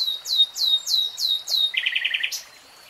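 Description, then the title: Nightingale song: a series of five quick descending whistled notes, then a fast rattling trill of repeated notes ending in a sharp high note. Nightingale singing in real time. "[Tiếng chim hót] 3 Hours REALTIME Nightingale Singing"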